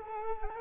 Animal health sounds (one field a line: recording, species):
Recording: mosquito wingbeat signal from an infrared sensor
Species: Culex quinquefasciatus